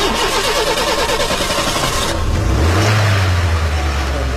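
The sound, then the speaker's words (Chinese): During a driving lesson, a learner driver who has just put the key in the ignition mimics a car engine starting with their voice: a rapid rattling trill for about two seconds, then a low, steady rumbling hum that rises slightly and holds, fairly loud throughout. “你这个动作呀要完成，然后不要模拟配音，好不好？”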